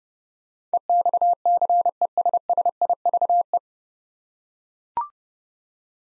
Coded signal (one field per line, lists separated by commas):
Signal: Morse code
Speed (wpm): 30 wpm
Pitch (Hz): 700 Hz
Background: none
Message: EXCESSIVE